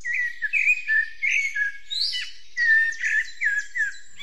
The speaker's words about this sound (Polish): No jak ładnie pośpiewały ptaszki. Oczywiście nie wiem, który to tak śpiewa, ale doktor Kruszewicz wszystkie rozpozna.